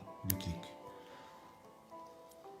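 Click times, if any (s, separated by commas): 0.3 s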